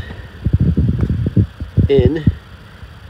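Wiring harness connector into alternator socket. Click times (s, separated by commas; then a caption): 1.0 s. A wiring harness electrical connector is pushed in by its tip into the socket on an alternator, and a little click is heard at 1.0 s as it seats. Someone talks throughout. The connector is seated.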